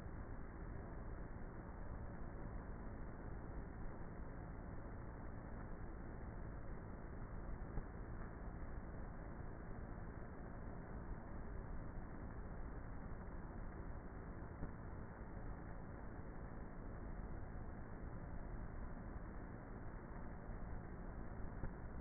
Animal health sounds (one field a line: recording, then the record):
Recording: honeybee colony, microphone inside the hive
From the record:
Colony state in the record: queenless with a low population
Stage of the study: before two queens were removed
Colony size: about 30,000 bees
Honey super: no